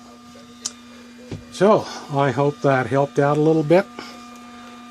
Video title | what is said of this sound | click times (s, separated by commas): Setting up a Furrion Tv in a camper. Rockwood 2109s Mini Lite. A couple more tips. | turn it all the way to the left until it clicks and you're good so | 0.7 s